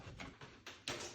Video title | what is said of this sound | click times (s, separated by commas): Stelpro Fan Heater Thermostat | should just snap into place. | 0.9 s